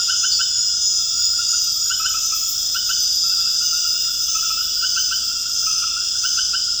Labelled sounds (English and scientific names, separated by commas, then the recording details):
none
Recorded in dense forest near Puerto Asís, Putumayo, Colombia, on 18 February 2024 at 21:30
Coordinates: 0.485, -76.325
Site G6429